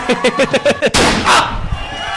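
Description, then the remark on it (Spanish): A rapid string of about six sharp gunshot-like bursts, then a louder, harsher blast that trails off into a rough, noisy rumble. “¡Asegúrate! ¡Muchos tiros!”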